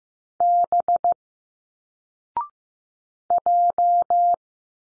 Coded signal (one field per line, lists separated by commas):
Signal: Morse code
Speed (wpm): 15 wpm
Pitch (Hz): 700 Hz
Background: none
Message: B J